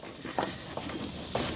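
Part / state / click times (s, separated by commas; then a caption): 3/8 fuel line connector onto the fuel pump module / not seated / none. A 3/8 fuel line connector is handled at the fuel pump module during a fuel pump and fuel filter replacement on a Chevy Tahoe, GMC Yukon or Cadillac Escalade. A brief sharp knock at about 0.4 s and fainter taps near 0.8 s and 1.4 s rise over a low background. The line has not yet locked into place; nothing has seated or clicked yet.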